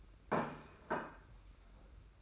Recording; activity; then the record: daily activity, microphone in the room; place plate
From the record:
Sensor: 2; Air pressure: 991.6 hPa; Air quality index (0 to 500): 186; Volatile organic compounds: 1000 ppm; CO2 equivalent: 6101 ppm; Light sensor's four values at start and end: 27/85/33/31 and 26/82/32/30